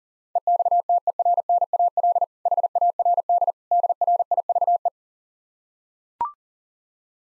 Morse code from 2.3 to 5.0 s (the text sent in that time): HARD DRIVE